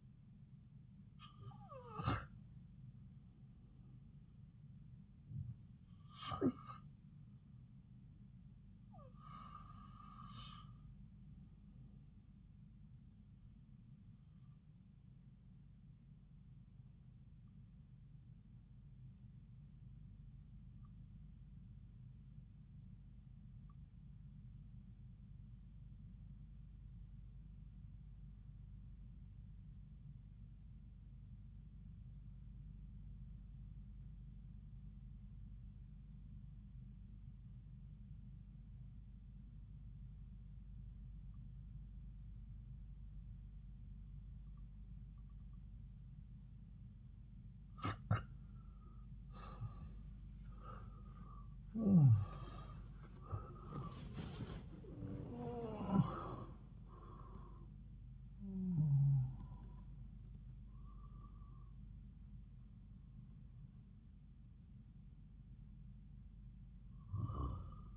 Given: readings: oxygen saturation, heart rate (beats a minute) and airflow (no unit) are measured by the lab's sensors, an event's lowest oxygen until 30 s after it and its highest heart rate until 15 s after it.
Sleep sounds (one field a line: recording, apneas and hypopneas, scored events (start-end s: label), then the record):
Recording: breathing in sleep by a smartphone at the bedside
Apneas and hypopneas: 1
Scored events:
18.00-48.10 s: obstructive apnea (REM, oxygen 94% highest, then 81% lowest)
From the record:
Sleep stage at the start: REM sleep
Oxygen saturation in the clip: 83 to 94%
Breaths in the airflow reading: 9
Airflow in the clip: -9.9 to 10.0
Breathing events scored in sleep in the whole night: 270 in 6.1 hours asleep